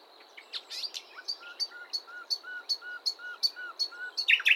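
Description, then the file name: Common nightingale sound, fairly faint: a string of soft, low whistled notes under regular high ticks, ending with a louder harsh burst. "Luscinia megarhynchos"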